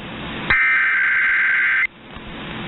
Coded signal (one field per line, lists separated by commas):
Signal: Emergency Alert System (SAME) tones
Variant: header bursts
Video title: KSL 1160 Automated Weekly Test (EAS #8496) 9/17/22